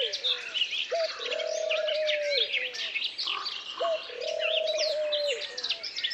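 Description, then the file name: Birds singing in a dense chorus of high chirps and twitters, with a low hooting coo held twice. Forest ambience. "Peaceful forest ambience with birds"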